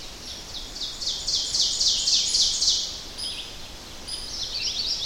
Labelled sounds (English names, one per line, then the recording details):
Ovenbird song
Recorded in boreal forest in Alberta, Canada, on 10 June 2016 at 07:02
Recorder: SongMeter 3, array SBT-3-39
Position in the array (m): 231 m, 96 m
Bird 17